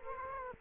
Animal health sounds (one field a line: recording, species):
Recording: mosquito wingbeat signal from an infrared sensor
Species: Culex quinquefasciatus